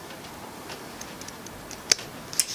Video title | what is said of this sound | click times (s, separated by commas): BMW F30 Windscreen wiperblade refill | and that just snaps back into place | 1.9 s, 2.4 s